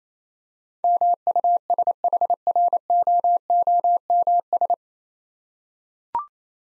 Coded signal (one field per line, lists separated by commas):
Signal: Morse code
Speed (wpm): 28 wpm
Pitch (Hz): 700 Hz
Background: none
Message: MUSHROOMS